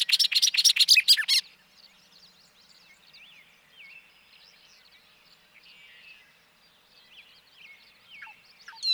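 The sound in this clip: Bobolink song in a short burst of rapid, buzzy, bubbling notes at the start, then faint chirps.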